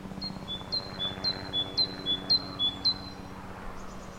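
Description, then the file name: Great tit song: brisk two-note phrases, high then lower, repeated about six times with a faint low hum underneath. "Parus major"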